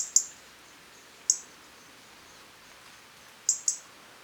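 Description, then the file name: European robin uttering single high, thin, piercing notes at irregular intervals, one pair close together near the end. "Erithacus rubecula"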